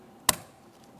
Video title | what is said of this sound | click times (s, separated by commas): How to Replace Mirror Switch 2015-2019 Subaru Outback | Audible click from that. | 0.3 s